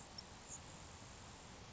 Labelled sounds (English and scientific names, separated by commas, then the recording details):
Grasshopper Sparrow (Ammodramus savannarum)
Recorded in Sonoma County, California